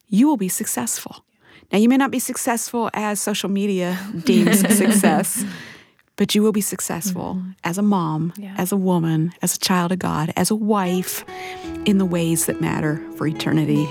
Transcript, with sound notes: you will be successful.” Now, you may not be successful as social media deems (laughter) but you will be successful as a mom, as a woman, as a child of God, as a wife, in the ways that matter for eternity.